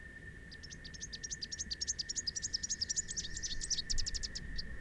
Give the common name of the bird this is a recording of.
Rufous-capped Warbler